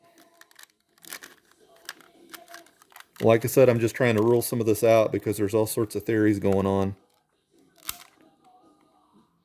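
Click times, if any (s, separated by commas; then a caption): 7.9 s. A plastic Peterbilt sleeper (variation 3) is pressed onto a bottom-switch toy semi chassis to test the fit, with light handling clicks and taps early on while someone talks. After the talking stops, a sharp click at 7.9 s marks the sleeper clicking right into place on the chassis.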